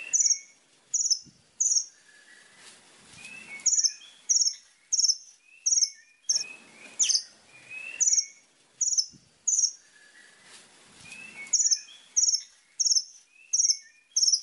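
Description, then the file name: White-rumped shama song: short bright high notes repeated in quick uneven bursts, with a few lower whistled notes slipped in between, over a quiet background. Masteran tutor song used for training birds. "suara masteran murai batu"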